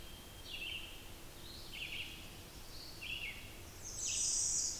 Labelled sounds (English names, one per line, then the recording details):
Red-eyed Vireo song
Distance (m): 45 m
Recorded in boreal forest in Alberta, Canada, on 20 June 2016 at 06:19
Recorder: SongMeter 3, array SBT-6-81
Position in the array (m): 129 m, 121 m